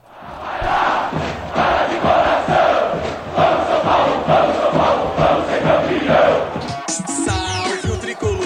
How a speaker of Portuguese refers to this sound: Mas agora é hora de falar do São Paulo. Solta o hino tricolor!